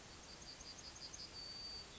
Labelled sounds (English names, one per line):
Yellowhammer song